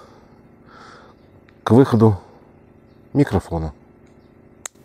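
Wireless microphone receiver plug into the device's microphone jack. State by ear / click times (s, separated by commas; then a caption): seated / 4.7 s. The 4-pin headphone-type plug of a KIMAFUN KM-G130 wireless lavalier microphone receiver is pushed into the device's microphone jack. Someone talks, then a sharp, loud click lands at 4.7 s as the plug seats in the jack.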